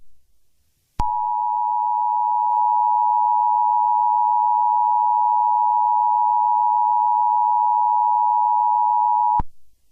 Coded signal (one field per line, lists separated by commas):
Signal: Emergency Alert System (SAME) tones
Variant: 853 and 960 Hz attention tone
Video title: EAS Scenario - Wah Wah Springs